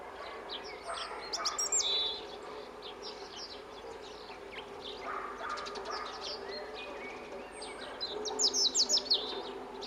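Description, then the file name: European robin with thin, high, tinkling phrases, loudest early and again near the end. "Erithacus rubecula"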